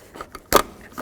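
Pressing the locking tab on the plastic wiring harness connector at the back of an old taillight from a 2003-2007 Nissan Murano and pulling it apart from the taillight assembly socket. Faint handling ticks come before and after a single sharp click at 0.6 s. The connector unclips and releases.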